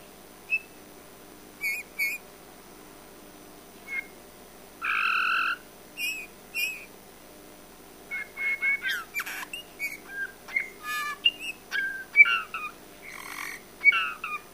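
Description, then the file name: Eurasian bullfinch call notes, soft piping whistles, sparse at first, then more frequent and mixed with short buzzy, noisy sounds toward the end. "Pyrrhula pyrrhula"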